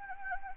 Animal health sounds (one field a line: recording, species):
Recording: mosquito wingbeat signal from an infrared sensor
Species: Anopheles gambiae